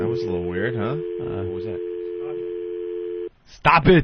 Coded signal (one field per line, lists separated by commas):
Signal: telephone call progress tone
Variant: North America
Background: speech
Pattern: dial tone